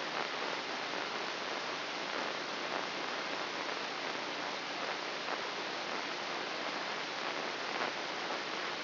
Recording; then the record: brain microelectrode recording played as sound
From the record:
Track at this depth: inside the subthalamic nucleus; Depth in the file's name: 4.51 mm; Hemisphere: left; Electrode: 3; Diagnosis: Parkinson's disease